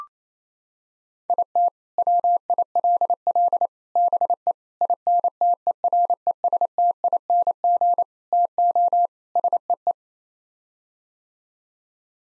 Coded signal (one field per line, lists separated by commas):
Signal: Morse code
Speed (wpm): 27 wpm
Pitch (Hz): 700 Hz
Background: none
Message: IT WILL BE INTERESTING TO SEE